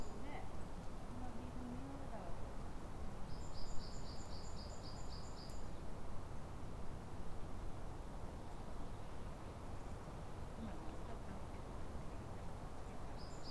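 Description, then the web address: Japanese tit song, a single run of repeated high paired notes lasting two seconds, then another begins at the end, over heavy low background noise. Recorded at Kotori no Mori on 30 April 2017. "kotorinomori kotori shijukara 170430"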